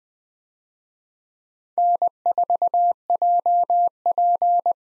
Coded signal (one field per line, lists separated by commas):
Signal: Morse code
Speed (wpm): 20 wpm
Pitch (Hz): 700 Hz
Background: none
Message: N4JP